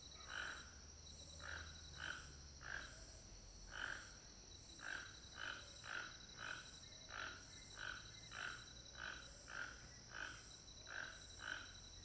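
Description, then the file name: Toucan calls, a long run of rough croaks with a constant shrill insect drone behind. Toucans calling very close in a house backyard at Alto Paraíso, late afternoon. "Ambiencia de final de tarde quintal casa Alto Paraiso com Tucanos bem perto"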